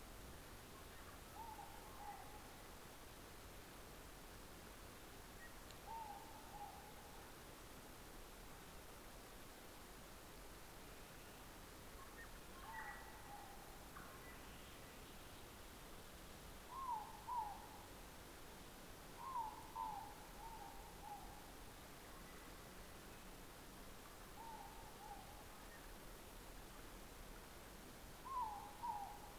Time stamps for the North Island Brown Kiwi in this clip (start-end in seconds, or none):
none